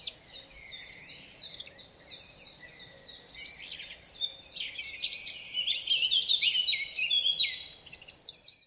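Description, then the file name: Eurasian blackcap delivering a continuous, hurried warble of high chips and twitters, turning into clearer, fluty notes near the end. "Sylvia atricapilla"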